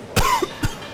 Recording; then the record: coughing mixed with background sound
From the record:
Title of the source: Coughing 51